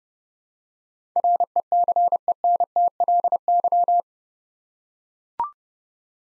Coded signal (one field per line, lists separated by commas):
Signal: Morse code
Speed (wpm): 30 wpm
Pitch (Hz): 700 Hz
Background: none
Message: RECENTLY